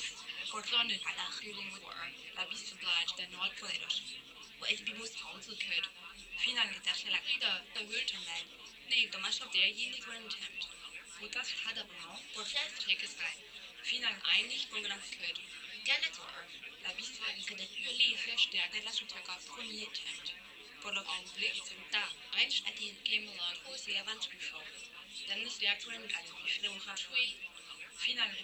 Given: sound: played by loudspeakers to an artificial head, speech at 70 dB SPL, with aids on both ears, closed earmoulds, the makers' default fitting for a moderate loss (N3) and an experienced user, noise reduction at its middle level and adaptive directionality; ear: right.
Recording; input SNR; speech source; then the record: speech test signal (ISTS) in cocktail-party noise; 0 dB; on the right (90 degrees)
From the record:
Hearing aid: class 1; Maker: I